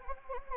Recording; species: mosquito wingbeat signal from an infrared sensor; Anopheles gambiae